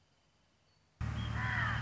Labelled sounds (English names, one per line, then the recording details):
Wrentit
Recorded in Sonoma County, California